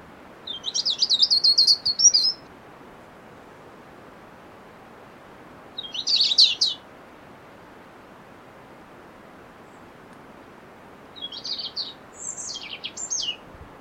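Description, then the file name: European robin song: three separate high, thin warbling phrases of quick twittering notes, each up to about two seconds long, with pauses between, over a faint steady background hiss. "Erithacus rubecula"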